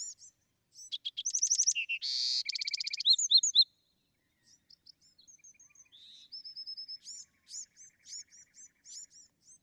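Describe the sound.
Bewick's wren: a loud trilled and buzzy phrase with slurred whistles, then quieter high notes and a run of repeated thin chips.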